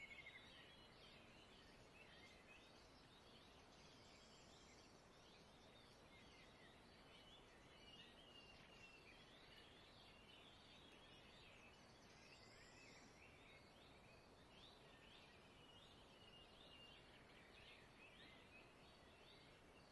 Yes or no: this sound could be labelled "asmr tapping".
no